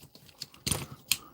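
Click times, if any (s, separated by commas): 1.1 s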